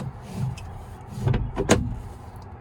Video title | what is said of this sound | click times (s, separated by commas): John Deere 6 series Training Video | locks into place | 1.7 s